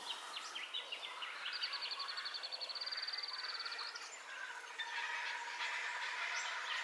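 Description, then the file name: Birds at dawn, one giving a fast even trill of rapidly repeated high notes for about two seconds, others chirping and whistling through a dense background hiss. Dawn ambience with bird calls, stereo recording. "AMBIENCE DAWN BIRDCALLS 03 STEREO"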